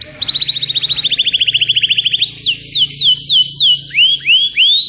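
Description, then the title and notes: Atlantic canary song: a rapid even trill of about two seconds, followed by a series of loud downward-sweeping whistles and then rising slurred notes, over a faint low hum. Used as a lure to attract new birds. "Pikat Burung Baru. kenari"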